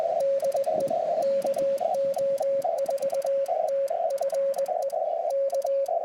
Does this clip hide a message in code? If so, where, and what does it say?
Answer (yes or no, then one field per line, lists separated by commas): yes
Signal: Morse code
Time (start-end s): 0.2-5.9 s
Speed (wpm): 20 wpm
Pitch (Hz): 550 Hz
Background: radio noise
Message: DE KO4TFE K